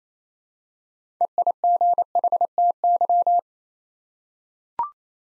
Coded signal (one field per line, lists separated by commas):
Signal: Morse code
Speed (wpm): 28 wpm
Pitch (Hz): 700 Hz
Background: none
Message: EIGHTY